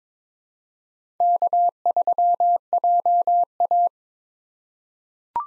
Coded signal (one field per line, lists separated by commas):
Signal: Morse code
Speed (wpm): 22 wpm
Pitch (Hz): 700 Hz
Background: none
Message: K3JA